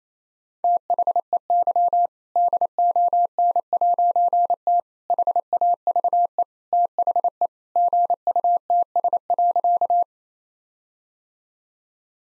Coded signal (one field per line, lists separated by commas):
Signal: Morse code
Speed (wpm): 27 wpm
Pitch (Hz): 700 Hz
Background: none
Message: THEY DON'T HAVE THE GUTS.